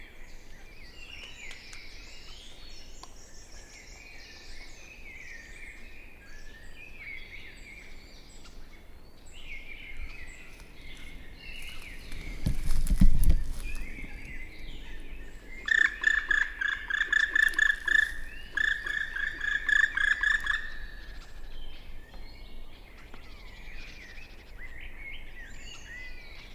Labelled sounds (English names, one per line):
Black Woodpecker flight call